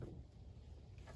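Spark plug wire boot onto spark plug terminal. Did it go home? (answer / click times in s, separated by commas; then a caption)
no / none. A rubber spark plug wire boot for cylinder number 1 on a 1971 Charger Super Bee is pushed onto the spark plug terminal. Only a low rumble is heard, with soft, faint bumps near 0.0 and 1.0 seconds. There is no metallic click, and the boot has not clicked into place.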